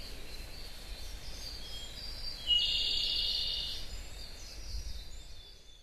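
Japanese robin song: one sharp high note, then a rapid ringing trill held for over a second before fading, over steady low rumbling background noise.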